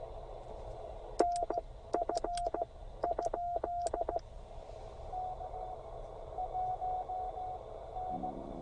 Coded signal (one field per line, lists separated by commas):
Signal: Morse code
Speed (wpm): 17 wpm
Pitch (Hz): 720 Hz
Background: radio noise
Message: NF ? K 1 N